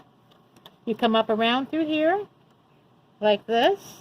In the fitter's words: you catch the thread on you can kind of hear it click